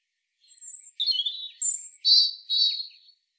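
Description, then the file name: European robin producing a brief sequence of high, clear whistled notes, some steady and some wavering, in quick succession. "Erithacus rubecula"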